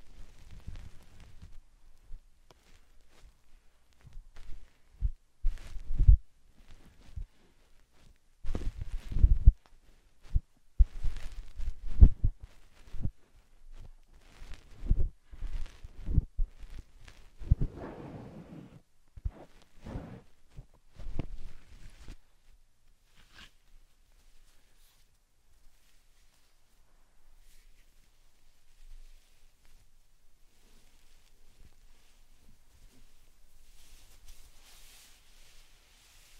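Slime and sand being handled make a run of soft, irregular squishes and thumps, thickest between about 5 and 22 seconds, with a low, drawn-out squelch near 18 seconds. After that the sounds thin to faint scattered rustles and a light hiss near the end.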